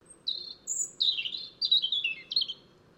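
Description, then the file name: European robin song: thin high whistles and twittering phrases sliding between pitches, delivered in quick bursts with short pauses, over a faint low hum. "Erithacus rubecula"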